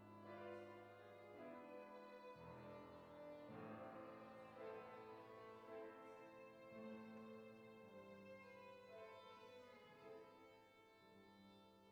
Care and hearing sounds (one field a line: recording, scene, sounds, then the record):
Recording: everyday scene through a hearing-aid microphone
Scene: reverberant space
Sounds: music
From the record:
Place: church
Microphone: behind the ear, left, front